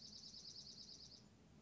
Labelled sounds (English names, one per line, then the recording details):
Dark-eyed Junco
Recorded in Sonoma County, California